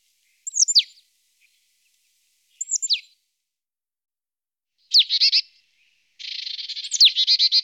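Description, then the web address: Marsh tit calls: sharp high downslurred notes, a buzzy scolding phrase, then a harsh rapid chattering series at the end. "IVN Zangvogels. Glanskop"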